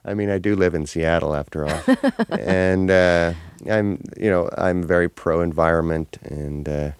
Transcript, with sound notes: I mean, I do live in Seattle, after all. (Soundbite of laughter) And, you know, I'm very pro-environment, and